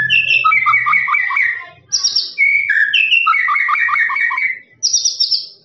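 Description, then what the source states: Lovebird song of shrill squeaks and fast rattling trills, phrases broken by two short silences. Long "ngekek" trilling song, used as a master recording for training birds.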